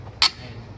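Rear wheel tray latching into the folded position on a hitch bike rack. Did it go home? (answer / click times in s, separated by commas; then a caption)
yes / 0.2 s. The rear wheel tray of a Kuat Transfer 2 hitch-mounted bike rack is pulled up to fold it, and it locks into place at 0.2 s so it stays out of the way while driving. The lock is a single loud, sharp bright hit lasting about 50 ms over a low, steady hum. The tray is latched into its folded position.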